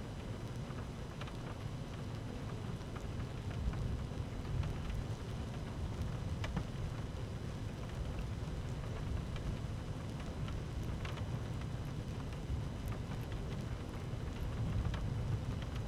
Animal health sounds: honeybee colony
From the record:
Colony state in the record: active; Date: 12 June 2018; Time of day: 13:21

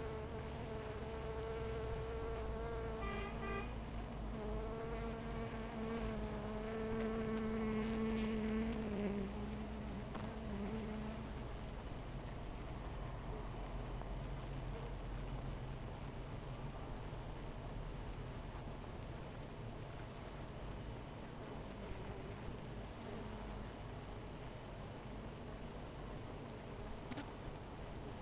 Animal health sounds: honeybee colony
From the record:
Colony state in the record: missing queen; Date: 14 July 2017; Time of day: 17:36

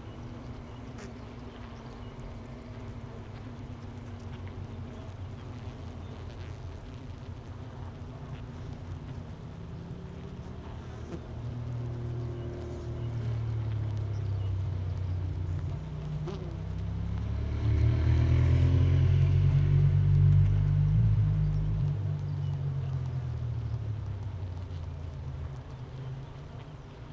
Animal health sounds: honeybee colony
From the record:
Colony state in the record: missing queen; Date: 31 May 2018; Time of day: 10:27

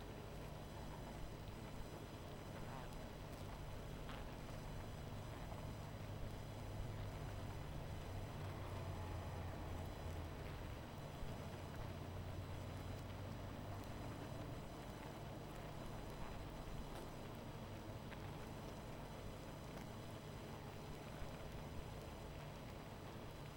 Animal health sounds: honeybee colony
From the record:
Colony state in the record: missing queen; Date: 14 July 2017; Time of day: 20:59

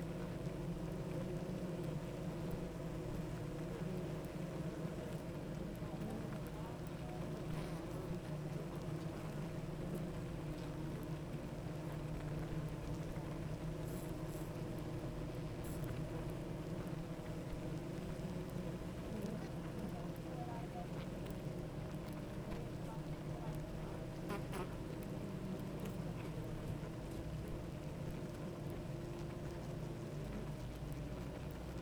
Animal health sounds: honeybee colony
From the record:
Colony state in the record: active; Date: 28 July 2017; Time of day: 8:58

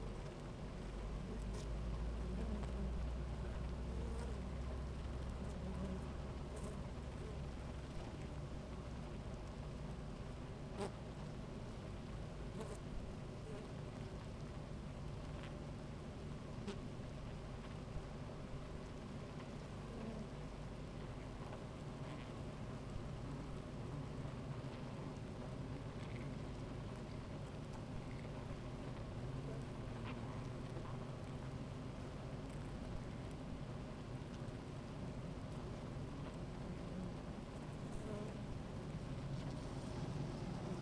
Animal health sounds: honeybee colony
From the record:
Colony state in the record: active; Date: 28 July 2017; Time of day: 16:42

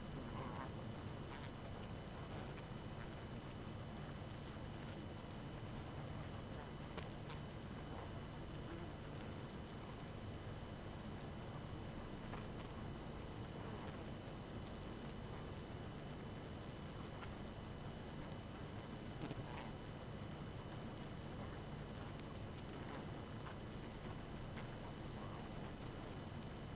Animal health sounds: honeybee colony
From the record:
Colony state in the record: active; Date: 12 June 2018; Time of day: 2:01

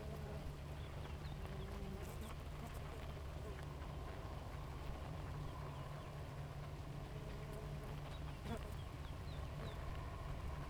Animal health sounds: honeybee colony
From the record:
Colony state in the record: active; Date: 28 July 2017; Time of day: 4:40

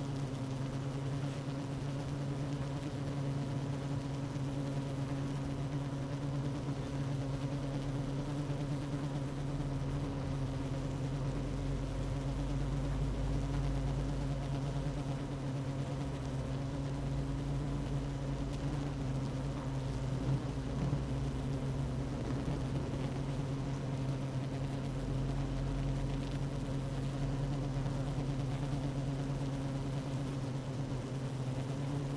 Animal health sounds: honeybee colony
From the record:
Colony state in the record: active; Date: 12 June 2018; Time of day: 15:50

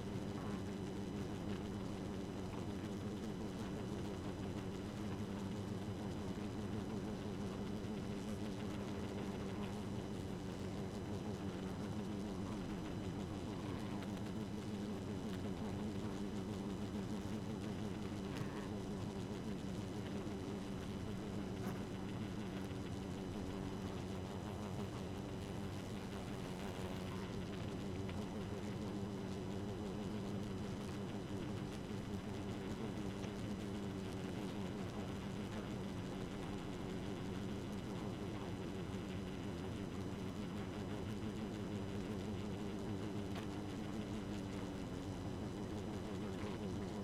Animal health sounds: honeybee colony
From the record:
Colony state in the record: active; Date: 12 June 2018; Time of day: 1:41

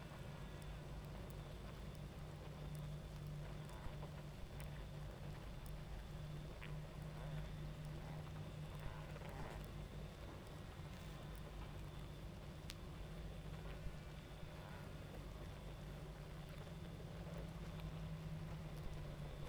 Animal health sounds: honeybee colony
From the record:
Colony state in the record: active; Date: 28 July 2017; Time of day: 23:05

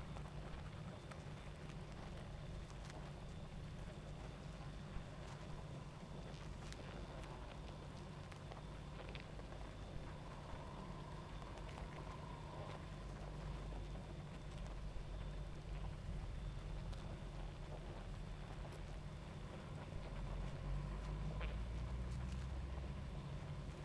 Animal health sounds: honeybee colony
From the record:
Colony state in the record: active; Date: 28 July 2017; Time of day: 22:58

